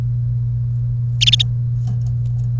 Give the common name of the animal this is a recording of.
Domestic Canary